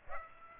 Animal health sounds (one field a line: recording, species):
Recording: mosquito wingbeat signal from an infrared sensor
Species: Aedes aegypti